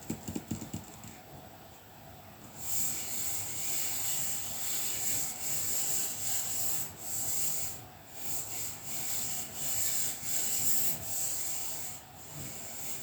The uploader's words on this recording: Soothing sounds of colouring pencil work and paper massage.